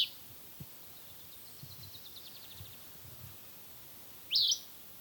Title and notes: Audio grabado en el Mirador de los Nevados, localidad Suba, Bogotá. Avistamiento de aves hecho el 23 de marzo del año 2025 con el grupo ABO. Se registraron una Elaenia frantzii (Elaenia de montaña), una Myiothlypis nigrocristata (Reinita crestinegra) y un Zonotrichia capensis (copetón)